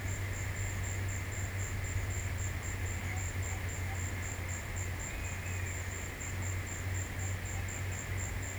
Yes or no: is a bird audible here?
no